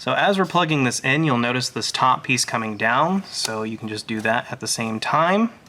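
A man talks while the wiring harness connector is being pushed onto the ignition coil of a 2007-2011 BMW 328i 3.0L, with the coil's top piece pressed down at the same time. No distinct handling sounds stand out under the speech, and nothing has seated or clicked yet.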